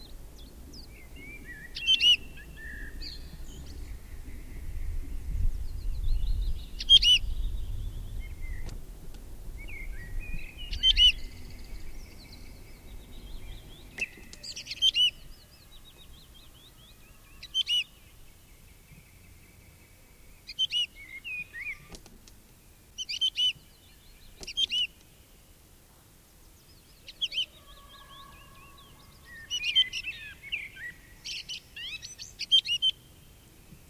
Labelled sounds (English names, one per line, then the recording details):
Wood Lark call
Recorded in the wild
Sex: male
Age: adult
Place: Erlangen, Bayern, DE
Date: 1965-05-01
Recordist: Tretzel, Erwin